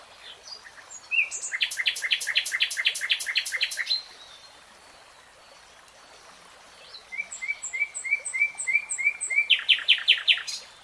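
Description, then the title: Nightingale song: a fast series of repeated high notes for about three seconds, a pause, then a run of short whistled notes ending in loud repeated strokes. Nightingale singing, recorded in real time. "[Tiếng chim hót] Nightingale Singing"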